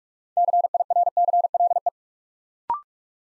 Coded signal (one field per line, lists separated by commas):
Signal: Morse code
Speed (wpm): 44 wpm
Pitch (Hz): 700 Hz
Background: none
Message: CIRCLE